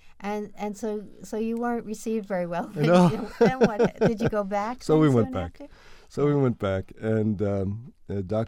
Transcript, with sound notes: And, and so you weren't received very well. (laughter) Did you go back?
So we went back. So we went back and Dr.